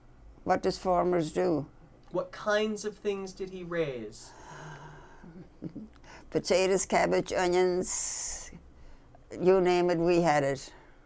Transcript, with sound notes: What does farmers do?
What kinds of things did he raise?
(she sighs) Potatoes, cabbage, onions. You name it, we had it.